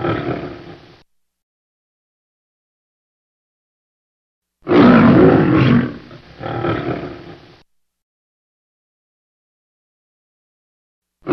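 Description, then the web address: Lion roaring: a loud, broad, rasping roar in two surges, trailing off, after the tail of an earlier roar and a long silence. "lions-tigers Lion"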